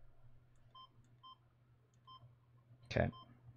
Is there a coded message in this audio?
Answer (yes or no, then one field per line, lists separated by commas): no